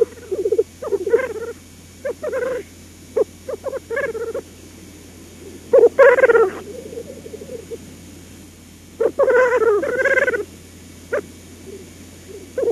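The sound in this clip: Black grouse bubbling song, low pulsed cooing phrases in short bursts separated by quiet gaps, a few louder rolling bouts.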